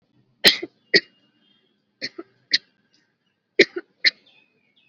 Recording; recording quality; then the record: heavy voluntary cough; excellent, no background noise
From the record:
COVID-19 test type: RT-PCR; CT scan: not taken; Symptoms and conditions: none ticked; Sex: female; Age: 18 years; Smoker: no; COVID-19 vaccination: both doses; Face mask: worn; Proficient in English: yes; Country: India